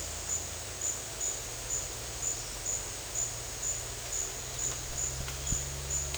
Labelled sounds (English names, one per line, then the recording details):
none
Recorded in dense forest near Puerto Asís, Putumayo, Colombia, on 20 December 2024 at 12:30
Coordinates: 0.468, -76.322
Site G071